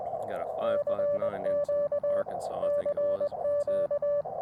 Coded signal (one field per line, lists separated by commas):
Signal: Morse code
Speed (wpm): 21 wpm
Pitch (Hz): 580 Hz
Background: speech, radio noise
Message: CQ CQ